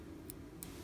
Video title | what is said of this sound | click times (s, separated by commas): FlightBox Assembly | and you'll feel it click into place. | 0.3 s, 0.6 s